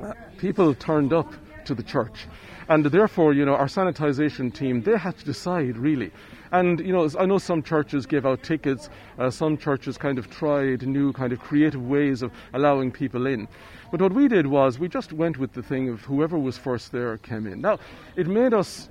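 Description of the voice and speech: A man speaks fluently at a relaxed conversational pace, his clear, steady mid-pitched voice broken only by brief natural pauses between phrases. He uses occasional fillers like "you know" but no blocks, repeats or slurring. This is typical adult speech.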